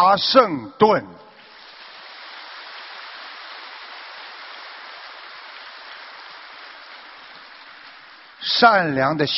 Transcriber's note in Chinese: 掌声